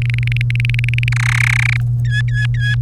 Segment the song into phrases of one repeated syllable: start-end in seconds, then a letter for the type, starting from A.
0.02-1.08 A, 1.12-1.81 B, 2.05-2.75 C